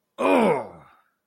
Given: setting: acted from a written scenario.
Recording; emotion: vocal sound without words; pain